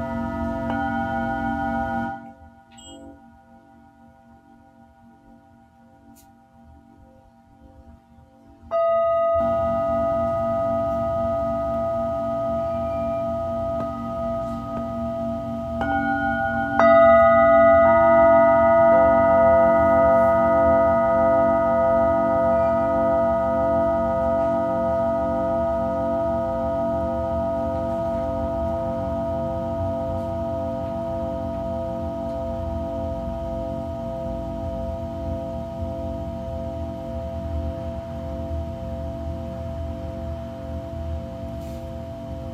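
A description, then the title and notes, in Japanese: Tibetan singing bowls ring with long, steady overlapping tones and a soft pulsing low hum, nearly silent from 2 to 9 seconds, then struck again around 17 seconds. 夜のシンギングボウルのサウンドヒーリング。チベタンシンギングボウル。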